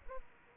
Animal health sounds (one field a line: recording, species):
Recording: mosquito wingbeat signal from an infrared sensor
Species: Aedes albopictus